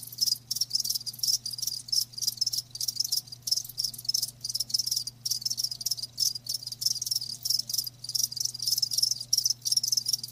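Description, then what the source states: Cricket chorus of rapid high trills in short pulsed bursts with brief gaps, over a low constant hum. Crickets chirping with a lulling song.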